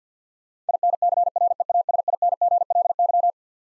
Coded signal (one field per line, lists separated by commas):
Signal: Morse code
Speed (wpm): 50 wpm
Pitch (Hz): 700 Hz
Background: none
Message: INCREASINGLY